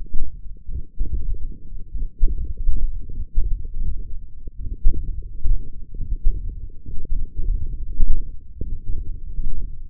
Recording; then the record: forearm muscle sounds (acoustic myography)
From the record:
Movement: hand closing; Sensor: system 1, eight BSWA MPA416 microphones around the upper forearm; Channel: 5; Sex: male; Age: 21 years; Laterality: right